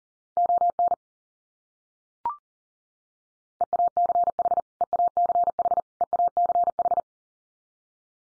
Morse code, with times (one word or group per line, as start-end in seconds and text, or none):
0.4-0.9 ON
3.6-4.6 EACH
4.8-5.8 EACH
6.0-7.0 EACH